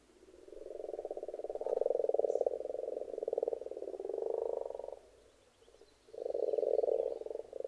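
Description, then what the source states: Frogs croaking in rapid pulsed trills, a long swelling bout, a short pause, then another loud burst. Several frogs in a pond.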